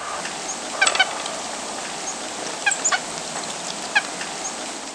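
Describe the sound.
White-breasted nuthatch giving short nasal calls in small clusters, heard three times over a steady hiss of background noise.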